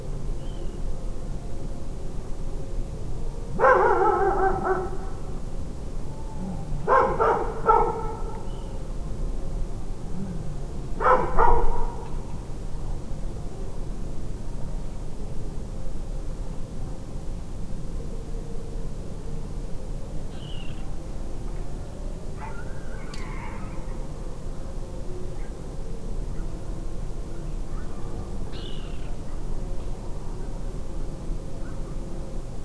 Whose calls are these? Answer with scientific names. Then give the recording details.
Rallus aquaticus. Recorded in France